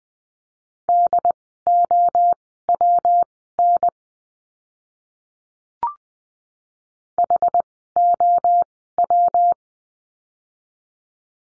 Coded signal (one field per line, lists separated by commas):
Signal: Morse code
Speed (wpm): 20 wpm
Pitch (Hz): 700 Hz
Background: none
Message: DOWN HOW